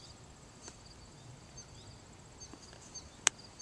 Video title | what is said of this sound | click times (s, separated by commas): Part 3 Installing the Emitters.wmv | hear the snap | 3.3 s